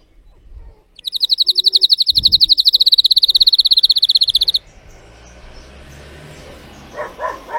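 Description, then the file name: Canary (Spanish Timbrado): canary song: a single quick rolling trill, with a few soft low knocks around it and faint noise afterward. Song of a Spanish Timbrado canary, called 'canário belga' in the Portuguese source. "canto do canario belga timbrado espanhol"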